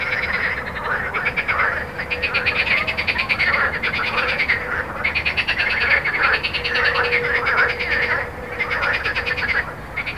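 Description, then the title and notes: Frogs chorusing with long runs of fast, pulsed croaks separated by short gaps, over a faint background of traffic. Recorded at Jardins de la Ligne, Montaudran, Toulouse, France, with road noise, using a Zoom H4n. "Jardins de la Ligne, 1 Rue Jacqueline Auriol, 31400 Toulouse, France - Frog Montaudran. Frog and road captation zoom h4n"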